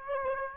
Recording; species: mosquito wingbeat signal from an infrared sensor; Aedes aegypti